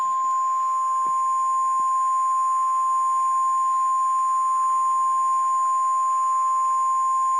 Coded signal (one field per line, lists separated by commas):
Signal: Emergency Alert System (SAME) tones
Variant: 1050 Hz attention tone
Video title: EAS Tornado Warning Interrupts The Mr. Men Show